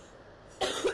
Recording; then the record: coughing mixed with background sound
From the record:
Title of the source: 34 coughing up crap again